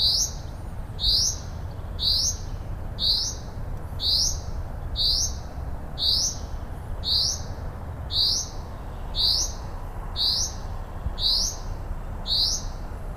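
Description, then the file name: Common chaffinch giving a clear, rising-then-flat call note again and again, nearly once each second and very regular, over low-pitched background noise. "Fringilla coelebs"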